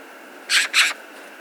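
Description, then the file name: Eurasian magpie giving two short, harsh, raspy notes in quick succession, then silence. "Pica pica"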